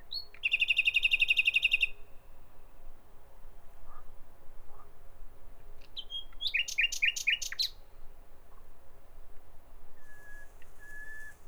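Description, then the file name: Common nightingale song: a loud rapid trill of repeated notes, then pauses, a series of whistled notes, ending with a thin sustained whistle. "Nachtigall"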